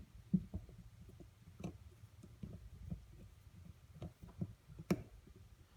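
A threaded nut on a faucet fitting is turned backwards (counterclockwise) to find the thread start, giving faint ticks and rubbing with small clicks near 0.3 s and 1.6 s. At 4.9 s a single sharp, louder click is heard as the thread start drops into place and the nut is seated, ready to be tightened.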